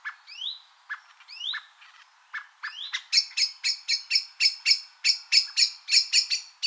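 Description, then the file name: Common blackbird with a few thin rising slurred notes at first, then a quick run of sharp, clicking chinks repeated about four times a second. "Turdus merula"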